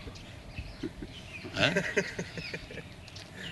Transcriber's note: laughter